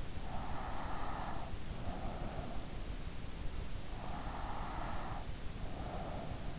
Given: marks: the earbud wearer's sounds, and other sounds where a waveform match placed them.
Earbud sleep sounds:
sounds in sleep by an in-ear microphone; breath
0.06-2.84 s: breath
3.91-6.59 s: breath

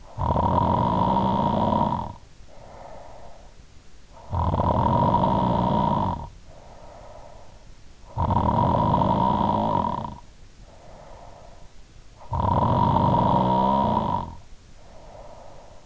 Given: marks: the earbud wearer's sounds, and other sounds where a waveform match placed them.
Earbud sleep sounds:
sounds in sleep by an in-ear microphone; snoring breath
0.00-3.54 s: snoring breath
4.07-7.47 s: snoring breath
7.92-15.84 s: snoring breath

